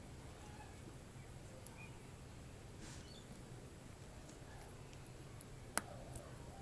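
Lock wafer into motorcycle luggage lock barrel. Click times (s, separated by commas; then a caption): 5.8 s. A tumbler wafer is pressed with a little force into the barrel of a replacement Kawasaki motorcycle luggage lock until it snaps into its slot. There is a low steady background hiss, then one sharp, bright click at 5.8 s. The wafer is seated in the key barrel.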